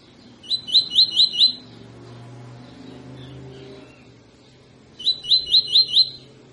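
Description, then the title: Double-collared seedeater song: two bursts of five quick, sharp whistled notes separated by several seconds, with a low rumble in between. Tutor song used to train birds; 'tui tui fibra' song style. "COLEIRO TUI TUI FIBRA"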